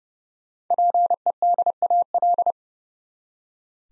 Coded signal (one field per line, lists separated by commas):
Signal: Morse code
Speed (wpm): 30 wpm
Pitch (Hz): 700 Hz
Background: none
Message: PEDAL